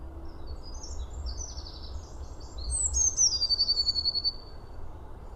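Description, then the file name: Eurasian blue tit call, one phrase: a sharp descending high note running into a quick rattling trill lasting about a second, with faint soft chirps before it and a low rumble throughout. "Cyanistes caeruleus"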